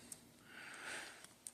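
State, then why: Seated. A small plastic blaster accessory is plugged back into its mount on a Transformers Masterpiece MP-08 Bumblebee transforming toy figure. Soft breathy rustling and faint ticks near 0.1 s and 1.2 s lead to a short, sharp click at 1.5 s as the blaster seats in place.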